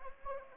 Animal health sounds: mosquito wingbeat signal from an infrared sensor; Anopheles gambiae

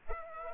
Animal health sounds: mosquito wingbeat signal from an infrared sensor; Culex pipiens

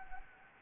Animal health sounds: mosquito wingbeat signal from an infrared sensor; Anopheles gambiae

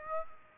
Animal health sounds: mosquito wingbeat signal from an infrared sensor; Aedes aegypti

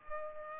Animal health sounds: mosquito wingbeat signal from an infrared sensor; Culex pipiens

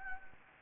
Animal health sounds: mosquito wingbeat signal from an infrared sensor; Anopheles gambiae

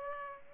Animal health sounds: mosquito wingbeat signal from an infrared sensor; Culex pipiens

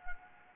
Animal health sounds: mosquito wingbeat signal from an infrared sensor; Anopheles gambiae

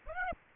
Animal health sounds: mosquito wingbeat signal from an infrared sensor; Aedes aegypti

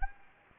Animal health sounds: mosquito wingbeat signal from an infrared sensor; Anopheles gambiae

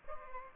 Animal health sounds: mosquito wingbeat signal from an infrared sensor; Aedes aegypti

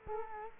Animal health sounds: mosquito wingbeat signal from an infrared sensor; Culex quinquefasciatus

